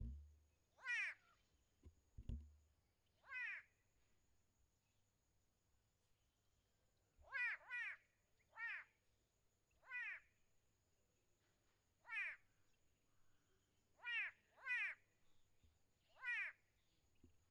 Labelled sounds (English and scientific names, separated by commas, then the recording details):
White-bellied Go-away-bird (Corythaixoides leucogaster)
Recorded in northern Uganda